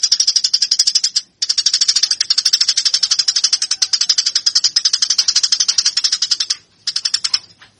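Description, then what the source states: Eurasian tree sparrow chattering with rapid, high, metallic chirps, steady at several per second, broken by two short pauses. Fighting (tarung) song style; used as master training material.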